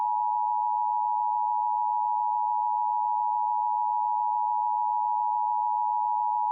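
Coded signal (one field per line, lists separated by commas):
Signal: Emergency Alert System (SAME) tones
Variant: 853 and 960 Hz attention tone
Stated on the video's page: Fictional mock tornado warning made on request, with Speechify's Tom voice as the announcer.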